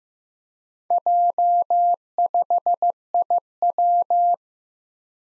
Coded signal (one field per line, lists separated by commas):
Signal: Morse code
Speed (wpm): 15 wpm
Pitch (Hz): 700 Hz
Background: none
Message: J5IW